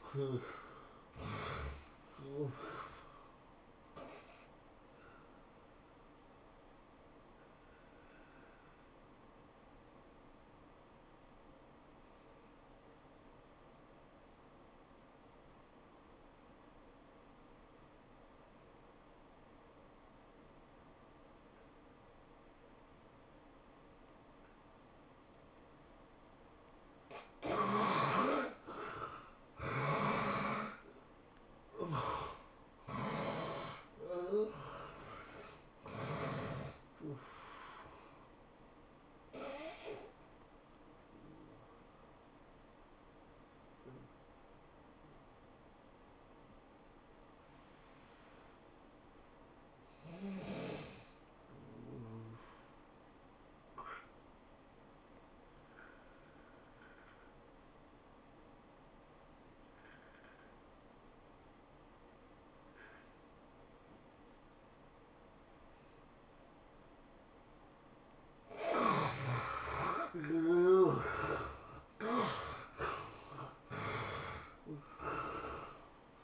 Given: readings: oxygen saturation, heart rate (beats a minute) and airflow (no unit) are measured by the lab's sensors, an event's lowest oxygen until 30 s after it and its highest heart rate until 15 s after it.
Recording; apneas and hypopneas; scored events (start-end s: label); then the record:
breathing in sleep by a voice recorder at the bedside; 3
4.00-25.40 s: obstructive apnea (N1, oxygen 96% highest, then 73% lowest, heart rate 110 at the start, 110 highest)
37.00-49.10 s: hypopnea (N1, oxygen 94% highest, then 81% lowest, heart rate 110 at the start, 110 highest)
56.00-72.20 s: hypopnea (N1, oxygen 95% highest, then 73% lowest, heart rate 104 at the start, 109 highest)
From the record:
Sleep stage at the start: N1 (lightest sleep); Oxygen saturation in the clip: 73 to 97%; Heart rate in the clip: 78 to 110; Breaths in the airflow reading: 11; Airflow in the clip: -18.7 to 12.8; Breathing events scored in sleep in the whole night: 403 in 5.5 hours asleep